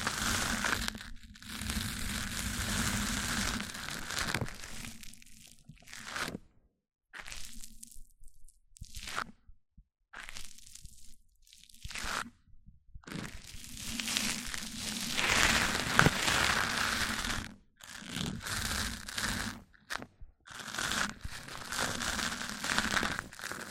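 Microphone-on-microphone rubbing makes dense crunchy, crinkling scratches in bursts, broken by short silences around 6–13 seconds, with a steady low hum underneath.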